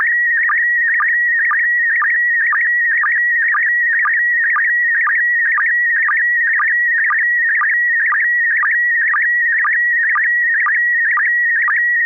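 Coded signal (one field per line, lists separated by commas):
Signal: SSTV (slow-scan television)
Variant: PD 120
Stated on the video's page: Weekly amateur SSTV net on a 441.30 MHz FM repeater, images exchanged using MMSSTV software.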